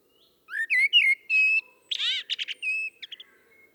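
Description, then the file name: Common blackbird delivering a single full song phrase: low fluted whistles rising and falling, followed by a rapid burst of thin high squeaky notes. "Turdus merula"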